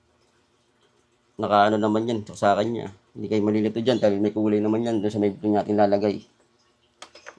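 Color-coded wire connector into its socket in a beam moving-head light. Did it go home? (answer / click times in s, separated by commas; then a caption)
yes / 7.0 s. A color-coded wire connector is pushed into its socket in a 200 W beam moving-head light while someone talks. After the talking stops, a sharp click is heard at 7.0 s as the connector seats, followed by a smaller click shortly after.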